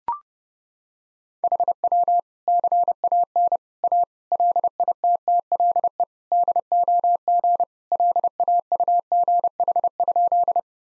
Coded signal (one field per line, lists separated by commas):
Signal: Morse code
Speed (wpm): 30 wpm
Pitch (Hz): 700 Hz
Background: none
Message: HW CAN A LITTLE DOG LAUGH?